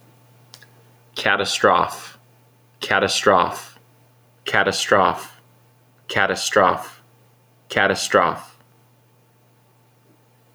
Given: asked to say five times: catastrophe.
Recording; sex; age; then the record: repeated word; male; 30 to 39 years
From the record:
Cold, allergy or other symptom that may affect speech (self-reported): no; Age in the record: 34 years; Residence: California, United States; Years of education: 12